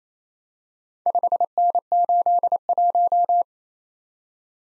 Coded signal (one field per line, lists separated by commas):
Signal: Morse code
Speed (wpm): 27 wpm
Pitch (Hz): 700 Hz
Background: none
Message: 5N81